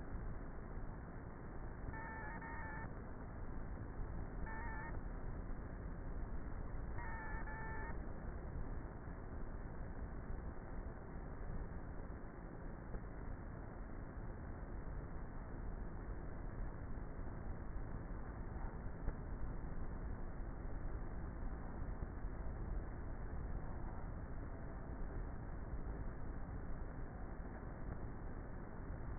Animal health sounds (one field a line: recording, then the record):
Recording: honeybee colony, microphone inside the hive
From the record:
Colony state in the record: queenless with a low population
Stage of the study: before two queens were removed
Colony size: about 30,000 bees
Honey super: no